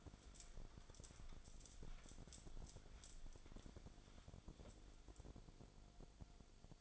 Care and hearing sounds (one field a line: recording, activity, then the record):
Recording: daily activity, microphone in the room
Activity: wipe stove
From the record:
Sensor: 5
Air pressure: 1000.6 hPa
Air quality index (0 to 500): 156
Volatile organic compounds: 2 ppm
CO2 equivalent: 1200 ppm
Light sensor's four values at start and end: 48/102/47/52 and 49/104/47/53